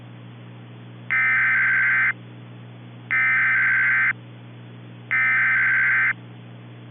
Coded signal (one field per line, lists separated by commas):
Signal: Emergency Alert System (SAME) tones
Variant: header bursts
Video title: JOYCE [HURRICANE EAS MOCK]